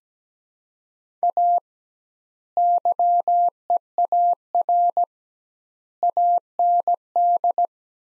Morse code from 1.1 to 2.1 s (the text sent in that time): A